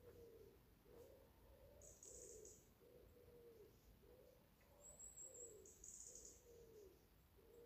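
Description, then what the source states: Owl hooting: a steady series of short, low hoots, a little faster than one a second, with short bursts of a high buzz over them. Heard quite a way off in woods at Bishop Wood at twilight just after 6 am, early morning in summer 2021, still dark on leaving home, on a dog walk.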